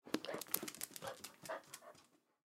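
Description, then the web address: Akita dog: a puppy panting, a quick series of breathy, noisy puffs, fading out near the end. Akita puppy running on a tile floor while panting. "Blastwave ANIMALS Dog Akita Puppy"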